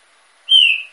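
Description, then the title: Green-winged saltator giving a single strong whistled note, steady then gently falling, lasting about half a second in otherwise quiet surroundings. Female singing while warming up, kept in an aviary. "fêmea de Trinca-ferro esquentando no viveiro"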